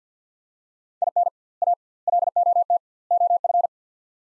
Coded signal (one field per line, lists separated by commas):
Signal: Morse code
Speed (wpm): 50 wpm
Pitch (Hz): 700 Hz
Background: none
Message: IN A LOT OF